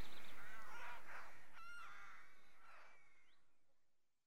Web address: The BBC Sound Effects Library - Complete 60 CDs Collection Sound Effects Library-12 (British Birds) 15 Rookery